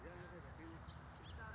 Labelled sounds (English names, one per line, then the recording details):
House Finch
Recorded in Sonoma County, California